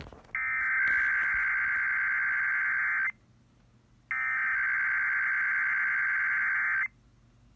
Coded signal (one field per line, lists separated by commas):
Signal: Emergency Alert System (SAME) tones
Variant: header bursts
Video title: Well screw you too ksfm!!! (EAS 14) Required Monthly Test